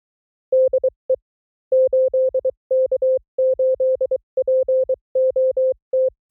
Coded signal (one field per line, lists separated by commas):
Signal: Morse code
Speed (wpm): 23 wpm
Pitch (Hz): 520 Hz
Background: none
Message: DE 8K8POT